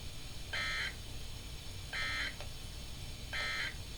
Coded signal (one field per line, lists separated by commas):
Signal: Emergency Alert System (SAME) tones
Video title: EAS # 30 Test Tornado Warning 3/04/14